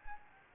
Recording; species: mosquito wingbeat signal from an infrared sensor; Anopheles gambiae